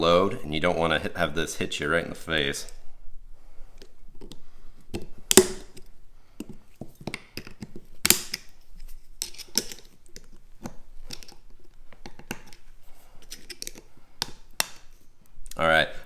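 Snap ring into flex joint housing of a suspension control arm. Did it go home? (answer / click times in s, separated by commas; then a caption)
partly / 5.3 s, 8.1 s, 14.6 s. Someone talks while a steel snap ring is pressed into the groove of a Metalcloak flex joint housing on a JL Wrangler suspension control arm. Sharp metallic hits ring out at 5.3, 8.1 and 14.6 seconds. The ring was not fully seated at first and was worked in the rest of the way with a flathead screwdriver, though the hits do not show which was the partial seating and which was the fix.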